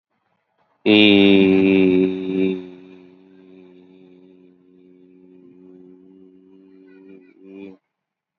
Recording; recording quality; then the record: sustained vowel as in beet; excellent, no background noise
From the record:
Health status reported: COVID-19 positive, mild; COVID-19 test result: positive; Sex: male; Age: 39 years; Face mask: not worn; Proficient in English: yes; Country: India